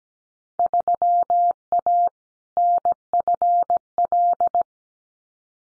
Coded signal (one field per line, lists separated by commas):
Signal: Morse code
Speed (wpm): 17 wpm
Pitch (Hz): 700 Hz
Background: none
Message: 3A NFL